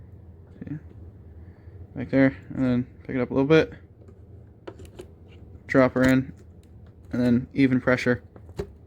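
A memory stick is handled, lifted slightly and dropped into its motherboard slot while someone talks, with faint short ticks around 0.6, 4.7 and 8.6 seconds. Even pressure is about to be applied, but nothing has seated or clicked yet.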